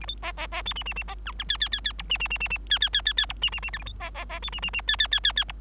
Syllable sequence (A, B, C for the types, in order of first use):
A B C C C D E E E C F F G G G G H E E E E E G G G G G H E E E I A B C C C D E E E G G G G G H